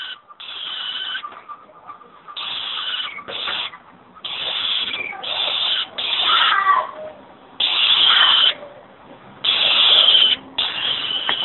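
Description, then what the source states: Red-backed shrike juvenile calling, loud scratchy rasping bursts, each lasting about a second, repeated with short pauses and sometimes with thin squeaky notes mixed in. Juvenile bird.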